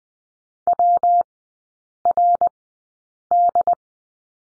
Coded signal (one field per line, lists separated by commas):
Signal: Morse code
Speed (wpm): 20 wpm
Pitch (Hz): 700 Hz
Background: none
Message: WRD